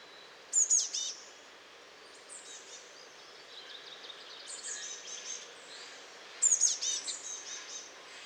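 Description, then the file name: Eurasian blue tit giving thin, very high calls: a short burst of sharp notes near the start, quieter high twittering through the middle, then another sharp burst near the end. "Cyanistes caeruleus"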